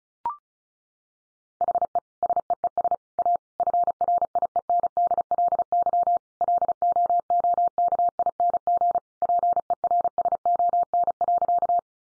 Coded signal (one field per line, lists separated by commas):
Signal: Morse code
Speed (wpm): 34 wpm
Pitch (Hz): 700 Hz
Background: none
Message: HE SEES A FRIENDLY LOOKING PERSON.